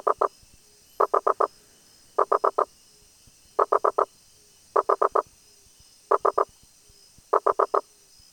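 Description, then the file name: Rosenberg's gladiator frog giving rapid groups of three or four hollow knocks, groups spaced roughly 1.2 seconds apart, with a constant high hum behind. "Boana rosenbergi"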